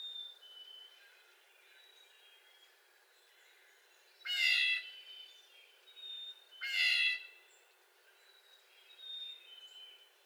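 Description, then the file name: Blue jay uttering two loud, raspy whining notes a couple of seconds apart, with soft high-pitched background birdsong. Recorded 25 April 2022; blue jay making a series of 22 whiny calls. "2022-04-25 Blue Jay making 22 whiny jay calls"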